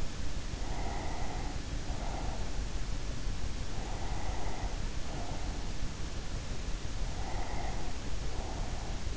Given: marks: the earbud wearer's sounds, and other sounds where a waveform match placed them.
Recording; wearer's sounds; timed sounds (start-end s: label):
sounds in sleep by an in-ear microphone; breath
0.54-2.66 s: breath
3.46-5.83 s: breath
6.80-9.17 s: breath